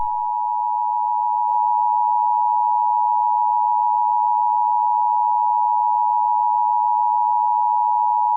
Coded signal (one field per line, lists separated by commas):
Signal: Emergency Alert System (SAME) tones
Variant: 853 and 960 Hz attention tone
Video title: EAS Scenario: XJ9 Invasion